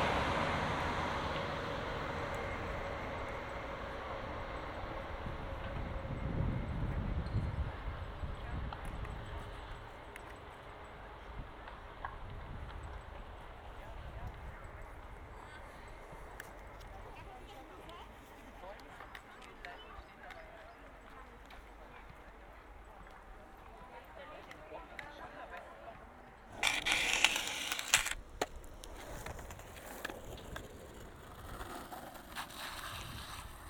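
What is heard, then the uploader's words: Park ambience with faint voices over a steady low rumble, swelling around seven seconds, and a sharp bright burst near twenty-seven seconds. Park am Gleisdreieck. Situated next to the heavily serviced train line between Berlin and Leipzig there exists a park full of playing children, rollerbladers, joggers and lovers.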